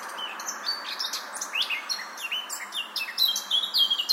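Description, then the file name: Eurasian blackcap song: rapid warbled notes and short whistled slurs over a steady background hiss. "Sylvia atricapilla"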